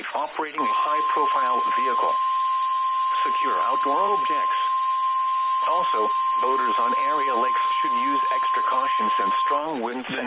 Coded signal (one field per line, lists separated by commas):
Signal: Emergency Alert System (SAME) tones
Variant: 1050 Hz attention tone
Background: speech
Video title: MARGINAL MADNESS ON A SCHOOL DAY! EAS Alerts from 1/8/2024! [EAS #1,994 - #2,001]